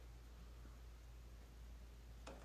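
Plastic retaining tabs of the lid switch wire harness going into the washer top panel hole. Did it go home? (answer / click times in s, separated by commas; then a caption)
no / none. Plastic retaining tabs on the lid switch wire harness of a Whirlpool/Maytag washer are handled at the hole in the washer top panel during a lid switch replacement. A steady low hum and faint rustling run throughout, with one brief sharp tick at 2.3 s. Nothing has seated or clicked into place yet.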